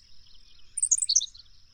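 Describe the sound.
Bird song: one brief cluster of very high, rapid tumbling notes over a steady high-pitched hiss.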